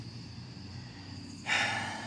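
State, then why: Not seated. While replacing a bad fuel filter on a 1989 Chevy Celebrity 2.5 four-cylinder, the other fuel line's quick-connect fitting is lined up on the inline fuel filter, out of view, before being clipped on. A steady low rumble and hum runs under quiet handling, then at about 1.5 s a louder broad hissing rush starts and continues to the end. Nothing has seated or clicked yet.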